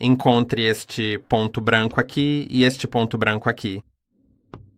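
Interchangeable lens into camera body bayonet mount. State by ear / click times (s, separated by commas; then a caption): seated / 4.5 s. An interchangeable lens is put back onto the bayonet mount of a Nikon Z30 mirrorless camera body by lining up two white dots and twisting it counter-clockwise until it locks. Someone talks for about four seconds, then after a short silence a single sharp click at 4.5 s shows the lens seating on the mount.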